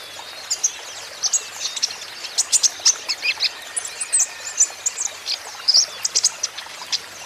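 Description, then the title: Van Hasselt's sunbird song, steady high tinkling chirps and short notes in quick succession. Green-phase ('ijoan') kolibri ninja (konin) singing persistently ('gacor'); used as a lure and therapy to make caged konin answer. "KOLIBRI NINJA KONIN IJOAN GACOR COCOK UNTUK PANCINGAN TERAPI KONIN BAHAN PASTI NYAUT"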